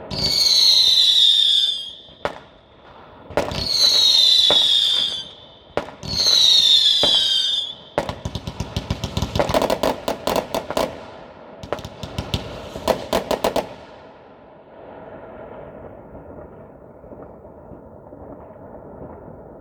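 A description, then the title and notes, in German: New Year's Eve fireworks: three rising whistling rockets screech in the first seven seconds, each ending in a sharp burst. Then a dense, rapid crackle of firecrackers rattles from about 8 to 14 seconds before fading into a low rumble of celebration. Silvesternacht: Feuerwerk und Freude. Erlebe die letzten Minuten bis Mitternacht und die erste Stunde des neuen Jahres!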